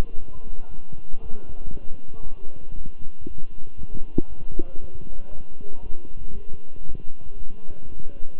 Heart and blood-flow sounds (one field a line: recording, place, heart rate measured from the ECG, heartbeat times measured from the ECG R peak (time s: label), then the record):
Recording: heart sounds by stethoscope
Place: between the tricuspid and mitral areas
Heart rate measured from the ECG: 117 bpm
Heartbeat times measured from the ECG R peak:
0.18 s: heartbeat
0.70 s: heartbeat
1.21 s: heartbeat
1.72 s: heartbeat
2.23 s: heartbeat
2.75 s: heartbeat
3.26 s: heartbeat
3.77 s: heartbeat
4.28 s: heartbeat
4.80 s: heartbeat
5.31 s: heartbeat
5.82 s: heartbeat
6.33 s: heartbeat
6.85 s: heartbeat
7.37 s: heartbeat
7.87 s: heartbeat
8.38 s: heartbeat
From the record:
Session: walking at 3.7 km/h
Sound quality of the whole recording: good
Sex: male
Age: 23 years